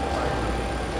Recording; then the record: background sound without coughing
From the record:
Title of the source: 30 MINUTES Construction Site Ambience (CC BY 4.0)